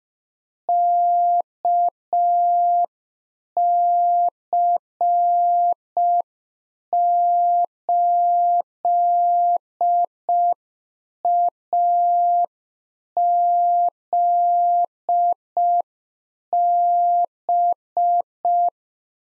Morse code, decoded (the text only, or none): KC8AZB